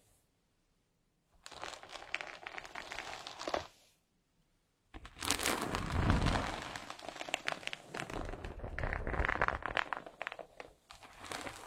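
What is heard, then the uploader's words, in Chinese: Hair is combed gently in dense, crackling strokes, a short pass early on, a pause, then a longer continuous stretch with a soft thump. 温温柔柔梳头发。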